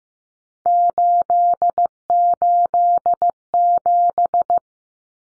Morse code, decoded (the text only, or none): 887